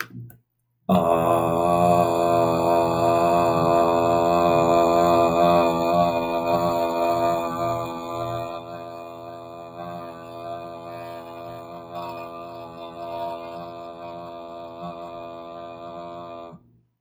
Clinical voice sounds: vowel held as long as possible; male; 30 to 39 years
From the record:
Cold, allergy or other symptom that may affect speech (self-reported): no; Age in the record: 33 years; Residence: Missouri, United States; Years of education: 16

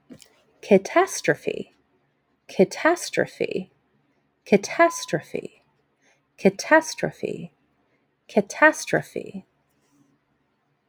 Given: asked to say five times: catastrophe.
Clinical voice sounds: repeated word; female; 30 to 39 years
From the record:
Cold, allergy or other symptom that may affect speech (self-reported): no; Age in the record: 36 years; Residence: Louisiana, United States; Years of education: 16

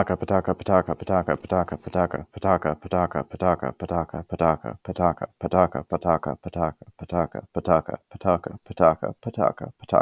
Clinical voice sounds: repeated syllables /pa ta ka/; male; 20 to 29 years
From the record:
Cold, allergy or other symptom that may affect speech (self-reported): no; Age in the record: 25 years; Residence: California, United States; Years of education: 17

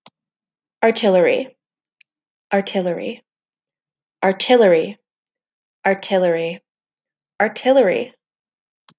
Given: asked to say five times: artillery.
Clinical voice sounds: repeated word; female; 20 to 29 years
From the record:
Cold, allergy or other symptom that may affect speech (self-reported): no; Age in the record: 27 years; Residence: Wisconsin, United States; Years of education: 13

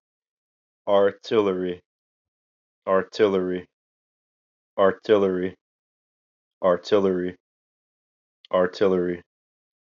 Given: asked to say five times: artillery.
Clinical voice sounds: repeated word; male; 30 to 39 years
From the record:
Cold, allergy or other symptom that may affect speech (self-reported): no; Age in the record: 36 years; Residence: New York, United States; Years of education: 14

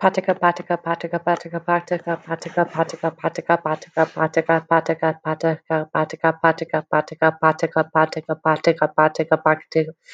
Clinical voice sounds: repeated syllables /pa ta ka/; female; 30 to 39 years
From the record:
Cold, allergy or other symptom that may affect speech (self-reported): no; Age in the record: 32 years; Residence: Illinois, United States

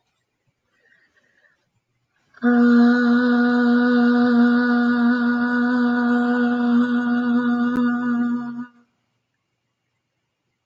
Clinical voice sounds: vowel held as long as possible; female; 40 to 49 years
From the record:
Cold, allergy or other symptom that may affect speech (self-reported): no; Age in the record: 40 years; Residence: Arizona, United States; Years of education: 14

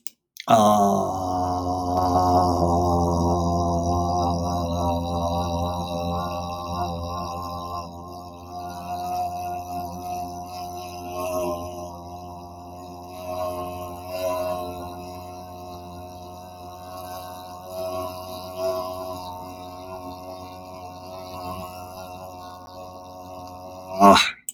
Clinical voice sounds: vowel held as long as possible; male; 40 to 49 years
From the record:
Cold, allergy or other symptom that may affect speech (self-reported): no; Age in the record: 45 years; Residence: Washington, United States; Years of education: 22

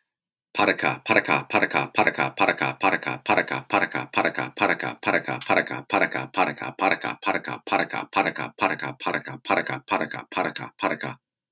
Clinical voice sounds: repeated syllables /pa ta ka/; male; 30 to 39 years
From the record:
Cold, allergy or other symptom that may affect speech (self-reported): no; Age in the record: 36 years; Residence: Kentucky, United States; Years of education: 20

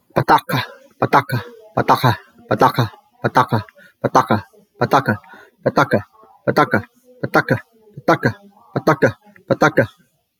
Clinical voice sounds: repeated syllables /pa ta ka/; male; 40 to 49 years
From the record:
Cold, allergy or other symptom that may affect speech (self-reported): yes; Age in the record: 45 years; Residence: Texas, United States

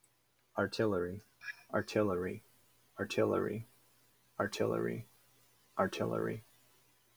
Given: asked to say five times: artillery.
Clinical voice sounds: repeated word; male; 20 to 29 years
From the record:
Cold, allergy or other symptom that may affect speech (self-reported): no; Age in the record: 25 years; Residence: Wisconsin, United States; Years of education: 16

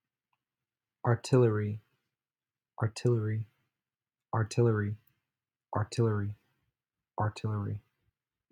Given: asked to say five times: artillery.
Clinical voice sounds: repeated word; male; 20 to 29 years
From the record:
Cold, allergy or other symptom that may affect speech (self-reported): no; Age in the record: 21 years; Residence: California, United States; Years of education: 16

